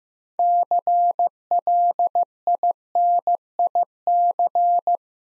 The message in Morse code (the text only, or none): CLINIC